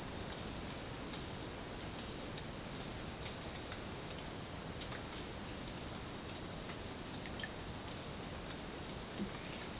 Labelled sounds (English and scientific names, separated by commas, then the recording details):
none
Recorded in dense forest near Puerto Asís, Putumayo, Colombia, on 9 March 2025 at 15:00
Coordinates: 0.486, -76.317
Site G053